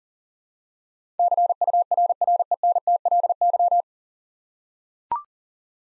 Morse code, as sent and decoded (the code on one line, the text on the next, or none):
-.-. ..- .-. .-. . -. - .-.. -.--
CURRENTLY